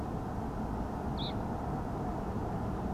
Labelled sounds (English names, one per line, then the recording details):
Reed Bunting
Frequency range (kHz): Reed Bunting 2.0-4.9 kHz
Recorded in France